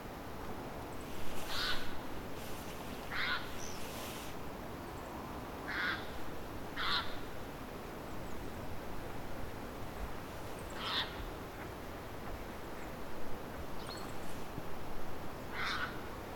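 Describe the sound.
Bird calling with short, harsh, scattered notes spaced irregularly throughout against a constant noisy background.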